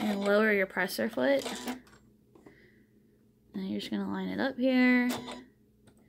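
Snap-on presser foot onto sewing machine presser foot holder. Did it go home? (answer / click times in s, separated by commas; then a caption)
no / none. A snap-on zipper foot is being lined up under the presser foot holder of a Janome Skyline S9 sewing machine while someone talks. A few faint ticks of handling are heard between the speech. Nothing has seated or clicked yet; the foot's bar has not snapped onto the holder.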